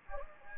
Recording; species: mosquito wingbeat signal from an infrared sensor; Anopheles gambiae